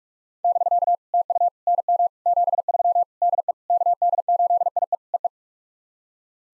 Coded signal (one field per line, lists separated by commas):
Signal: Morse code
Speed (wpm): 44 wpm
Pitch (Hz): 700 Hz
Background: none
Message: <BK> TU NM 73 DE KD8IE EE